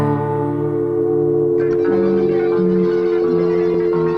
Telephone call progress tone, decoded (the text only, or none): dial tone